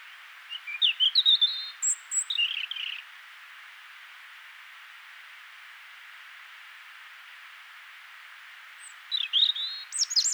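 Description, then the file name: European robin singing a sparkling, high-pitched phrase of varied twittering notes, then a long silence before another jangly phrase, with constant hiss behind. "Erithacus rubecula"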